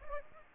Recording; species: mosquito wingbeat signal from an infrared sensor; Aedes aegypti